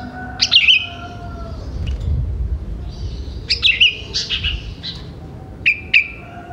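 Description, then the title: Sooty-headed bulbul song: several quick, cheerful chirping phrases spaced a few seconds apart, ending with two sharp clipped notes; soft low rumble behind. "Kutilang"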